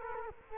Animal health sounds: mosquito wingbeat signal from an infrared sensor; Culex quinquefasciatus

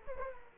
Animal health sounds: mosquito wingbeat signal from an infrared sensor; Culex quinquefasciatus

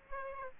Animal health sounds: mosquito wingbeat signal from an infrared sensor; Aedes aegypti

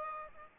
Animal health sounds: mosquito wingbeat signal from an infrared sensor; Aedes aegypti

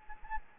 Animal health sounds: mosquito wingbeat signal from an infrared sensor; Anopheles gambiae

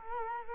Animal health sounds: mosquito wingbeat signal from an infrared sensor; Culex quinquefasciatus

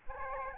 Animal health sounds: mosquito wingbeat signal from an infrared sensor; Aedes albopictus

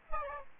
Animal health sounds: mosquito wingbeat signal from an infrared sensor; Aedes aegypti

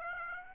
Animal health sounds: mosquito wingbeat signal from an infrared sensor; Aedes aegypti

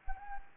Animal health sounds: mosquito wingbeat signal from an infrared sensor; Anopheles gambiae

